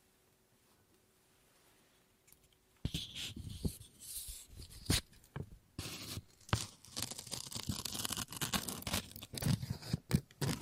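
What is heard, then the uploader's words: Scissors snip and cut through paper after about three seconds of near silence with a faint steady hum. The cutting then runs almost continuously, a dense, bright, crackling rustle broken by sharp snips, some landing hard around five, six and a half, and ten seconds. ASMR Scissors No Talking Snips and Cutting Paper.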